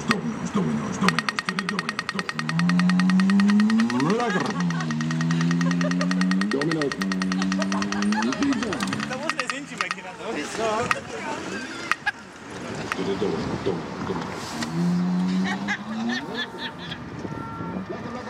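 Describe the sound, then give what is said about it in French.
An electric delivery scooter's designed warning sound, created for the Domino's chain: a buzzy, synthetic hum that swoops up and down in pitch, holding steady tones between glides, continuous and moderately loud throughout. “Scooter de livraison, sonorisé par la chaîne Domino's.”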